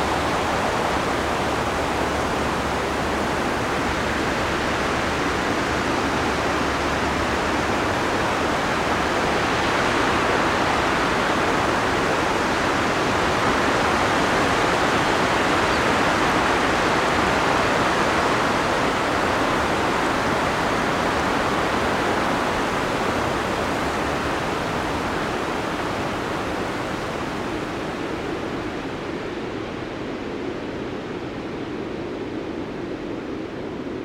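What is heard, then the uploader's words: Mountain wind blows in a steady, dense rush that fills the whole range from low rumble to bright hiss. The roar swells slightly around the middle and eases a little toward the end, with the highest airy tones thinning out after about 27 seconds. NepalMountainwind. Slow treking in the Himalyas.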